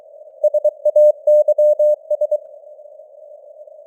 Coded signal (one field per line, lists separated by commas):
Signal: Morse code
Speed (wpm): 23 wpm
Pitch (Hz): 600 Hz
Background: none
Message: SAYS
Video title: Morse Code News | 2025-12-19 | 23wpm